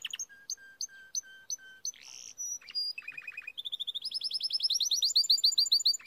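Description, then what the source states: Canary song opening with spaced sharp notes over short low whistles, then a harsh burst, a buzzy roll, and a long trill of repeated notes. Timbrado canary singing, used to teach song.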